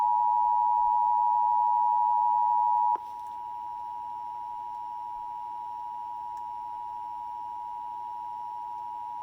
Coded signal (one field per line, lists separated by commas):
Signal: Emergency Alert System (SAME) tones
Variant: 853 and 960 Hz attention tone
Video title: EAS 1686 SVA #98 ONCE AGAIN